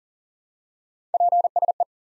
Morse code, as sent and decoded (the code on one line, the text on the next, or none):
.--. ... .
PSE